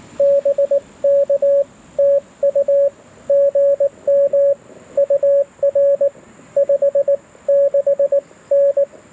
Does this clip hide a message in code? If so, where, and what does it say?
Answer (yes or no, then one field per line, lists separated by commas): yes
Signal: Morse code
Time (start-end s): 0.2-8.8 s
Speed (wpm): 19 wpm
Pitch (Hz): 590 Hz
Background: radio noise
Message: BK TU GM UR 56N